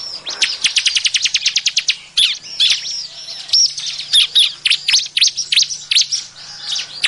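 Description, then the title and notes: Bar-winged prinia song: a rapid even train of sharp high notes opening, followed by varied squeaky chirps and twitters. Ciblek song used as a lure sound for trapping birds. "BURUNG CIBLEK. Suara Ciblek Pikat"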